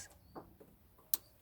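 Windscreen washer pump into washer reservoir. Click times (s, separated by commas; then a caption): 1.1 s. A windscreen washer pump for a BMW 1-Series is pushed into its rubber grommet on the washer fluid reservoir. A soft, low thump is heard at 0.4 s, then a sharp, bright click at 1.1 s as the pump seats home in the reservoir.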